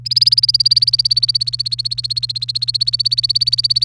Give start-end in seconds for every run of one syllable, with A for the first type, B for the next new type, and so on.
0.05-3.84 A